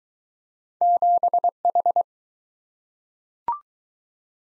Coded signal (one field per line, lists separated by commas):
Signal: Morse code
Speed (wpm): 20 wpm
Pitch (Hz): 700 Hz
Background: none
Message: 7H